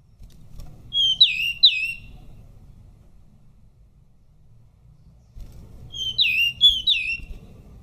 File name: suara decu belang